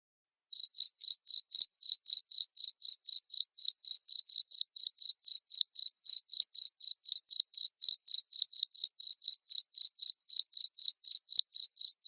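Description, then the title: Cricket giving a long steady series of bright, high chirps, roughly four each second, evenly spaced throughout with no other sounds. Loud cricket chirping (ngerik) played to make lovebirds sing continuously (ngekek). "Suara JANGKRIK NGERIK Keras Bikin LOVEBIRD Jadi NGEKEK Terus Vubey"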